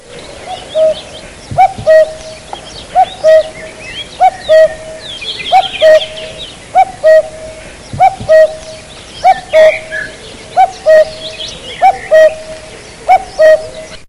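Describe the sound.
Cuckoo calling, a low two-note cu-coo repeated steadily, with other birds twittering faintly in the background.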